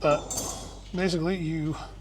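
A crimped terminal pin is being handled next to a plastic multi-pin connector housing on a race car wiring harness. Someone talks over faint handling noise. Nothing has seated or clicked yet.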